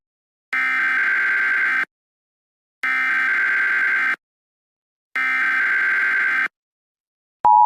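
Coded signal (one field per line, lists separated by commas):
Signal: Emergency Alert System (SAME) tones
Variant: header bursts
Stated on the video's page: Fictional EAS scenario made with KineMaster and a narrator voice app.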